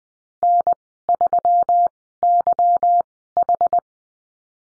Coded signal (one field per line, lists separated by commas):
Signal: Morse code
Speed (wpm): 20 wpm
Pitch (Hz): 700 Hz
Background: none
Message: N3YH